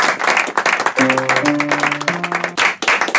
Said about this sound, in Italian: Allora, applauso, applauso, amici, facciamo un applauso. …, live al Soundcheck di Radio 24.